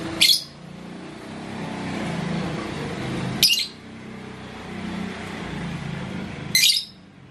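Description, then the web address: Lovebird calling with three sharp, shrill chirps about three seconds apart, over a steady low rumbling background. "love-bird suara-lovebird-paud"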